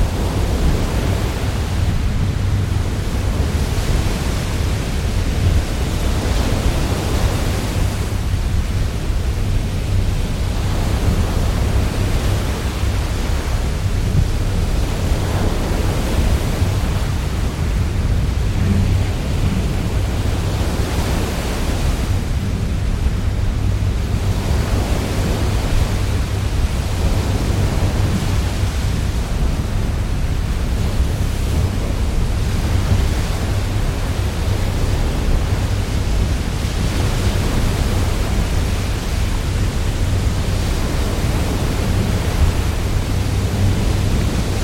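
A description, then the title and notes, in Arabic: A stormy sea roars in a thick, unbroken wash of noise, heaviest in the low rumble. Surges swell and ease every few seconds without ever dropping away, and the loudness holds steady throughout. اصعد على متن ناقلة بضائع قوية واستعد لمواجهة البحر الشمالي العاتي. عش تجربة تأرجح السفينة بينما ترقص مع الأمواج العاتية بمصاحبة همسات المحركات القوية. البحر العاصف.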